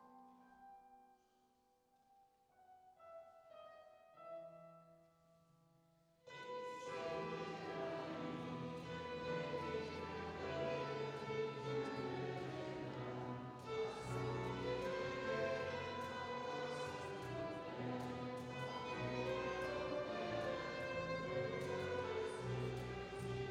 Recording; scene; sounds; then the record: everyday scene through a hearing-aid microphone; reverberant space; music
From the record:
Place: church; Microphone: in the ear canal, right